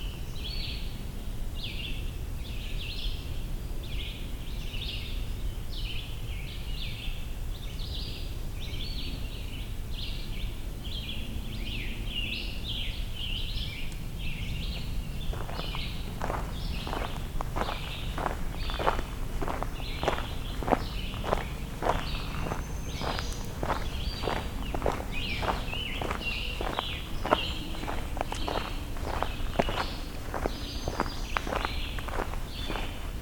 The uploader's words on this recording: A Sore Sounding Song (Scarlet Tanager). As the hike to Hector Falls continues, Scarlet Tanagers and many other songbird species are encountered.